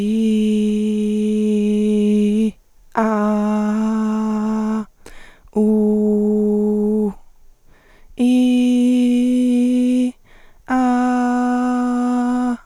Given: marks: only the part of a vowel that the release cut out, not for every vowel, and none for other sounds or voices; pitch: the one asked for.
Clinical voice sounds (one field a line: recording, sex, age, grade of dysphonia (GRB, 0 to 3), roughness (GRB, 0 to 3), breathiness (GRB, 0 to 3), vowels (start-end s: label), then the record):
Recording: sustained vowels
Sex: female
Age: 20 to 29 years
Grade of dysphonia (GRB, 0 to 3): 0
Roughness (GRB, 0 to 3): 0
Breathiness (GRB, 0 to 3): 0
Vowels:
0.00-1.88 s: vowel /i/, normal pitch
3.10-4.10 s: vowel /a/, normal pitch
5.83-6.87 s: vowel /u/, normal pitch
8.42-9.27 s: vowel /i/, high pitch
11.05-12.01 s: vowel /a/, high pitch
From the record:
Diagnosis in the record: healthy voice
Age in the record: 24 years